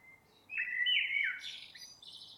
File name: Turdus merula